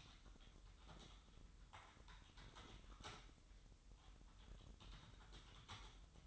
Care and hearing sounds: daily activity, microphone in the room; typing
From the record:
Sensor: 3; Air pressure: 988.8 hPa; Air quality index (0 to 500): 205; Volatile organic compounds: 442 ppm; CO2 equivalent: 4738 ppm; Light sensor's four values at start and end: 25/81/33/30 and 25/81/33/30

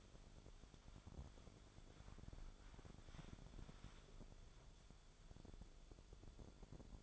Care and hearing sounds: daily activity, microphone in the room; wipe stove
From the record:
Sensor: 5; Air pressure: 1015.2 hPa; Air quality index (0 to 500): 169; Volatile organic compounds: 5 ppm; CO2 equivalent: 1830 ppm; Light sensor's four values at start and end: 35/83/34/36 and 36/84/34/36

